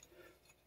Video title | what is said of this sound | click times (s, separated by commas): Mercedes Benz C32 AMG / Crossfire SRT6 Supercharger Intercooler Replacement | fortunately knock on wood mine clicked in there without a problem just squeeze here push this in | 0.0 s